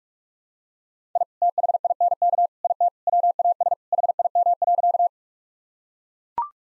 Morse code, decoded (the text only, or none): I THINK IT WAS HIM.